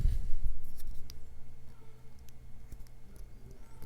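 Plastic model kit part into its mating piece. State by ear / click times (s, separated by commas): not seated / none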